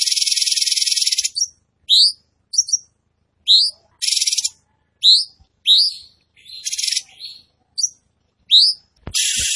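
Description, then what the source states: Tembakan bird singing a long buzzy trill, then sharp upslurred whistles roughly once a second, mixed with short harsh trill bursts. Training recording for caged birds; bird singing vigorously, described as gacor.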